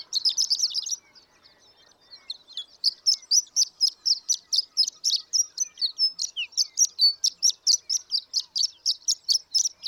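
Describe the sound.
Horned lark song beginning with a quick rattling trill, a short gap, then a long series of high, sharp tinkling notes.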